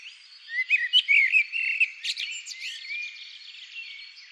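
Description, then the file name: Common blackbird song: a mellow warbled phrase of slurred whistles followed by sharp, squeaky high notes that trail off into quieter twittering. "Turdus merula"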